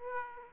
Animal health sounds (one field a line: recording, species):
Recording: mosquito wingbeat signal from an infrared sensor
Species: Aedes aegypti